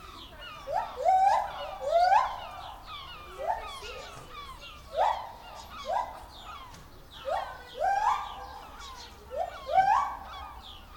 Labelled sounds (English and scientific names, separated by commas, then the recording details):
Lar Gibbon (Hylobates lar)
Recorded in captivity
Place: Zoo Berlin, Berlin, DE
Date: 1996-03-23 10:28
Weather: heiter, 4°C
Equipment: Sony WM-D6C, Sennheiser ME 80, Kopie Uher 4000 Report Monitor
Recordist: Tembrock, Günter